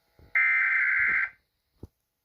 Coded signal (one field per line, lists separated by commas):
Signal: Emergency Alert System (SAME) tones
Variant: header bursts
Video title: CHRISTIANFANONSEpisode #16: EAS Scenario- The 2022 Massacre (Part 1)